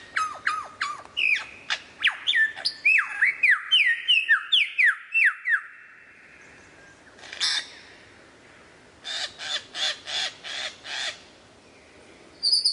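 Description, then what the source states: Lyrebird song, a rapid run of varied whistles and down-slurred notes, then a sustained tone, followed by several harsh rasping notes. Song variations.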